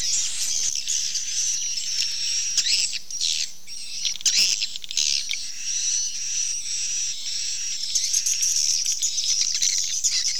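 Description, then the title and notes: Swiftlets chattering steadily in a dense, high, fizzing chorus with occasional louder bursts and soft clicks. Swiftlet sound used in swiftlet farming in Asia. "Swiflet Bird Sound. Farming Swiflet Bird asia sound"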